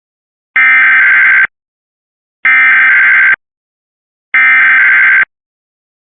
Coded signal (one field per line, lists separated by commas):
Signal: Emergency Alert System (SAME) tones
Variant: header bursts